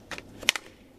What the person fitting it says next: you hear it click together